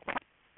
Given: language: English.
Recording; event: throat vibration sensor signal played as sound; swallow